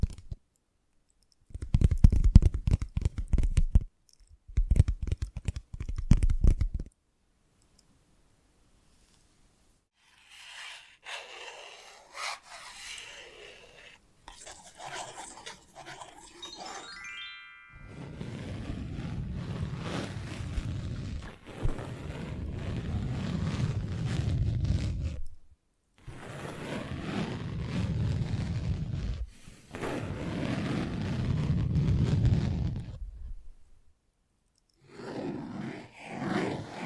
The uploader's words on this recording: ASMR Magic Trigger Potion Shop Invisible Tapping, Scratching, Tracing (No Talking).